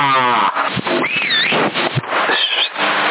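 A cat meows several times, opening with a drawn-out, harmonic cry and followed by shorter, higher, wavering calls, fairly loud and without talking over it.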